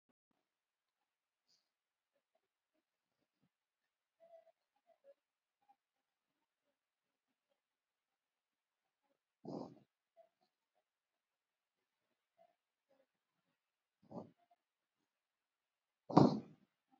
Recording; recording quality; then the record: shallow breathing; excellent, no background noise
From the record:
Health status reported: COVID-19 positive, mild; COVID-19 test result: positive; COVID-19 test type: RT-PCR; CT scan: not taken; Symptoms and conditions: cough, cold, fever, muscle pain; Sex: male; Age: 62 years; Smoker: no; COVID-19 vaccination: both doses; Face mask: worn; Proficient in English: yes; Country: India